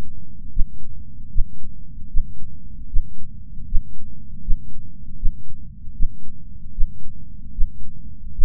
Heartbeat.